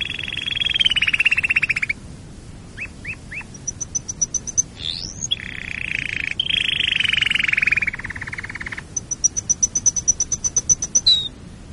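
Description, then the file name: Canary song: long rolling trills, short upward notes, rapid high tick series and pauses between phrases. "canarysong omkicau"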